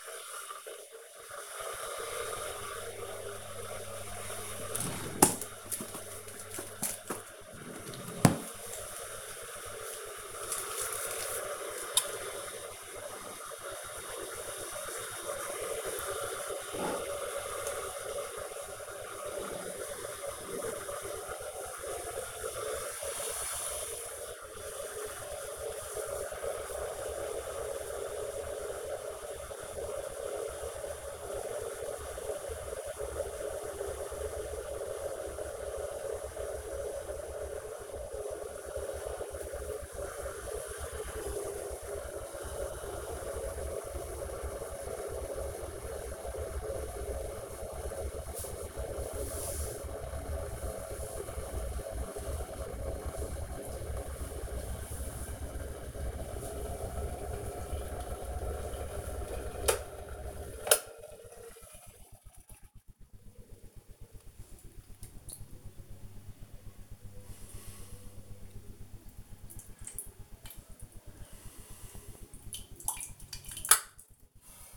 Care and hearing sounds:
household activities, microphone on the right wrist
0.00-74.77 s: making tea

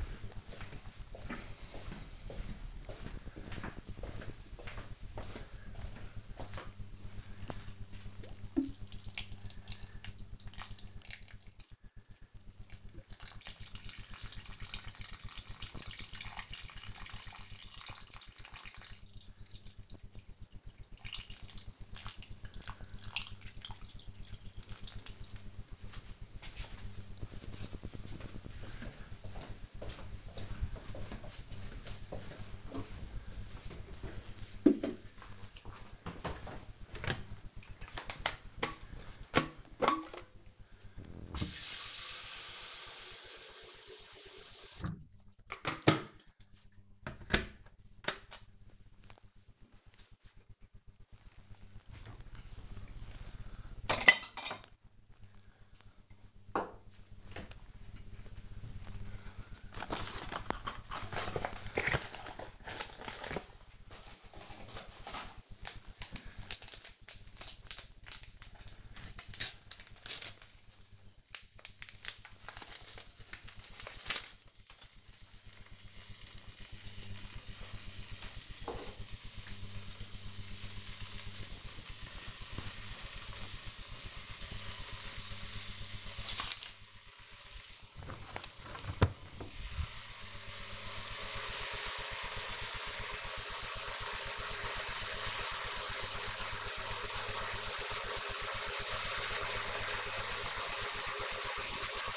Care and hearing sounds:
household activities, microphone on the right wrist
0.00-25.35 s: watering plant
38.45-102.17 s: making tea

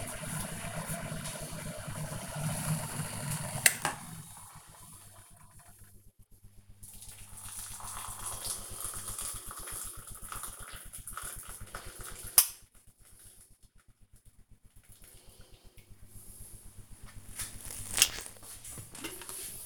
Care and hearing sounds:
household activities, microphone on the right wrist
0.00-18.46 s: making tea

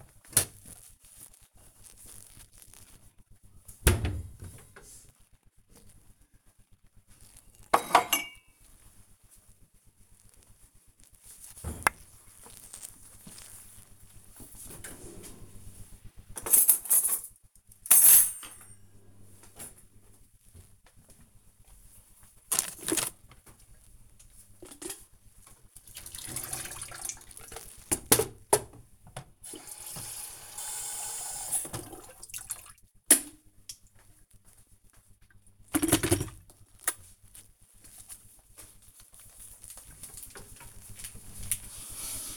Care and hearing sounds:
household activities, microphone on the right wrist
0.00-12.04 s: putting away the dishes
25.18-42.37 s: making tea

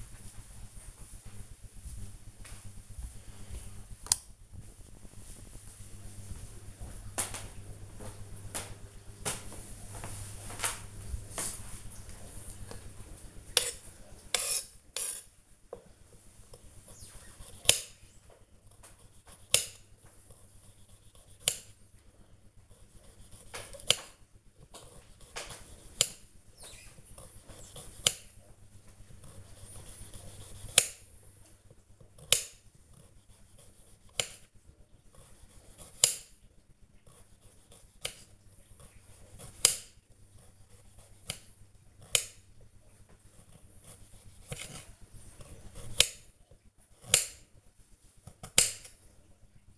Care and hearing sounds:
household activities, microphone on the right wrist
12.10-49.78 s: cutting vegetables

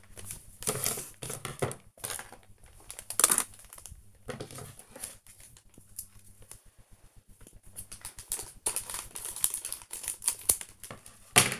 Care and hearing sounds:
household activities, microphone on the right wrist
0.00-11.60 s: tidy up the cupboard

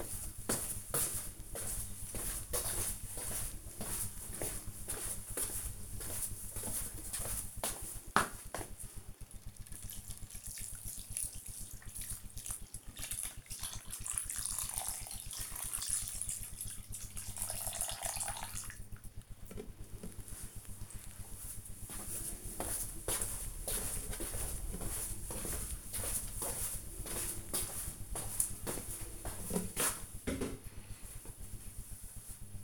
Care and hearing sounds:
household activities, microphone on the right wrist
0.00-19.35 s: watering plant

